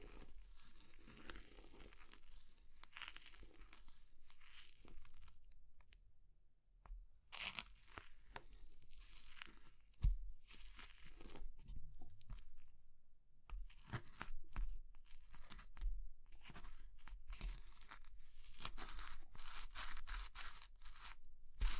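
Crisp, crumbly crushing of brittle materials like soap, chalk or meringue, heard as dense crackly crunches. Bursts come in uneven clusters, with a short quiet gap near 6–7 seconds and a sharper snap around 10 seconds, then quick repeated crunches toward the end.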